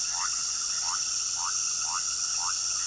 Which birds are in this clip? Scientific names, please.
none